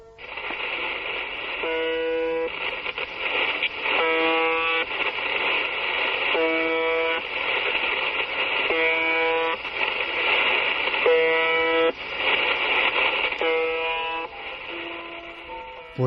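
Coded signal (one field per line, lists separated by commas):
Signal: numbers station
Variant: UVB-76 (The Buzzer)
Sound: six short, harsh, low buzzes about every 2.4 seconds over steady radio hiss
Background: radio static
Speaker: Pues podría ser el clon de un camión, la sidena de un barco, pero no se llama o se llamaba UVB76. Desde 1982 en que fue detectado, eh esta estación rusa soviética empezó siendo de onda corta, emitía 25 pulsos como el que hemos oído todas las todos los minutos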